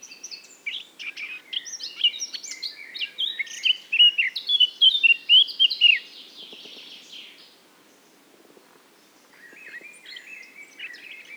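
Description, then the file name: Eurasian blackcap song: quick chattering notes rise into a loud, fluting whistled phrase, a pause, then a quieter warble starts again. "Sylvia atricapilla"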